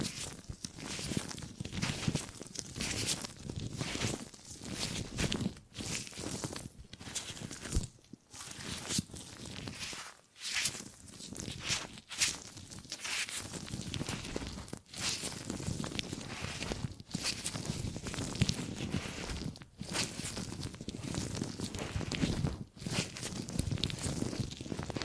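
Gripping and grabbing sounds come as a dense run of rustling, scraping handling noises, full from low thuds up to bright crackle. The movements overlap almost continuously, broken by brief near-silent gaps around 8 and 10 seconds, with quick sharp grabs scattered throughout.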